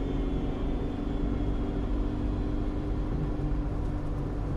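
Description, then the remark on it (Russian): A car engine hums steadily at speed as the car races along an empty highway toward London at dawn: a dense low rumbling drone with even loudness throughout and a faint thin whine riding above it, with no voices. “Машина Торна неслась по пустому шоссе, и мотор гудел от нарастающей скорости.”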